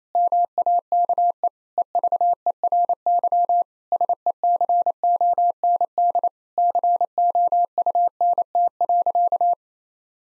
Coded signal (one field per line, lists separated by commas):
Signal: Morse code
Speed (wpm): 28 wpm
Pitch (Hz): 700 Hz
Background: none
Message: MAKE EVERY SECOND COUNT.